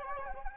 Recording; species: mosquito wingbeat signal from an infrared sensor; Anopheles gambiae